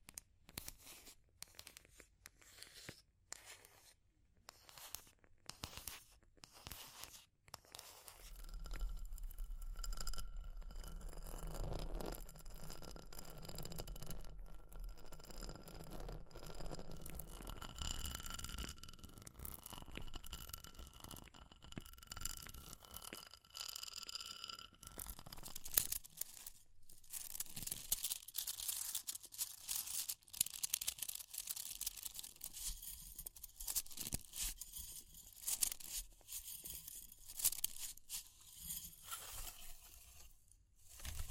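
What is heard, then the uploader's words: Dense crackling and snapping pops run throughout, with quick, dry tapping and scratching clicks. From about 8 to 25 seconds a low rumble and steady hum sit underneath; after that the crackle turns brighter and thinner, with sharp crisp bursts. ASMR for PURE Relaxation and Sleep Fire Crackling, Tapping, Scratching(No Talking).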